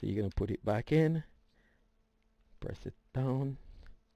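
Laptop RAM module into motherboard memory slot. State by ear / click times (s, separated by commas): not seated / none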